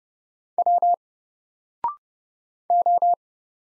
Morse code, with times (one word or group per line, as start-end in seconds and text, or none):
0.6-0.9 W
2.7-3.1 O